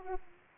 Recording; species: mosquito wingbeat signal from an infrared sensor; Aedes aegypti